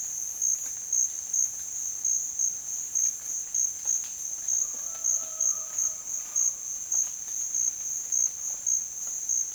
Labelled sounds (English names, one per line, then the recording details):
none
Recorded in dense forest near Puerto Asís, Putumayo, Colombia, on 29 June 2025 at 15:30
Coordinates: 0.484, -76.325
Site H65